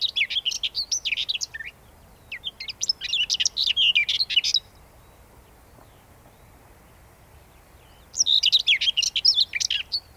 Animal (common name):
Common Whitethroat